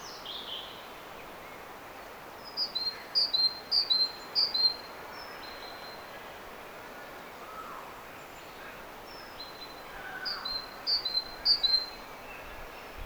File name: Parus major